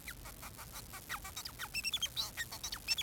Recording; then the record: song of a male Bengalese finch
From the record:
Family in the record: son of father 4